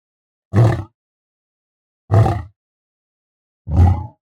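Lion roaring: three short, deep, grunting roars, each about half a second long, spaced roughly one and a half seconds apart with silence between.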